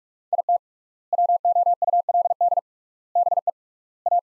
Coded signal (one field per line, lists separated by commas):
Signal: Morse code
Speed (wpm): 44 wpm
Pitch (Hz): 700 Hz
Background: none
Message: IT WOULD BE A